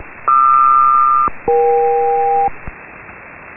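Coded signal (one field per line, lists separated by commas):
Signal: aircraft SELCAL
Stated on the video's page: HF SELCAL samples from military and civilian aircraft: USB with carrier, two pairs of tones, recorded in Fort Collins, Colorado.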